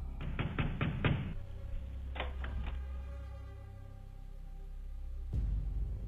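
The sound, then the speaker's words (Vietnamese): Knocking on a wooden door at night: a quick run of about five raps, a pause, then three more, followed later by a single heavier thud, all over a low, steady rumbling drone. “Rồi đôi khi, cái thứ ma quỷ, nó gõ công cốc vào cánh cửa, cứ như muốn đánh động người ta vậy.”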